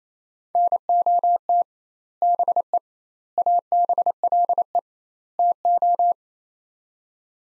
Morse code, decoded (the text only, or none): NOT BE ABLE TO